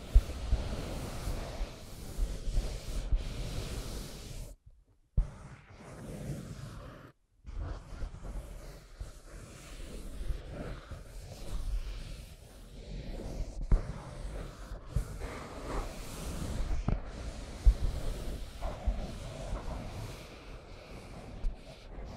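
Scratching and tracing across a surface, a dense, rough, continuous rasp weighted toward the low end with uneven swells. The strokes drop out briefly twice, just before five seconds and again around seven seconds, then resume with a steady grainy texture.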